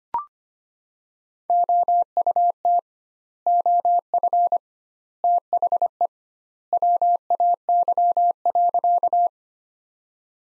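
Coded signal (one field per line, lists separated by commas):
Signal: Morse code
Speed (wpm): 25 wpm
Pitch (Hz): 700 Hz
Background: none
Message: OUT OF THE WAY.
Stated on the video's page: Morse practice sentences from the top 100 words at 25 wpm with 2x standard word spacing, a Farnsworth-like method applied to words.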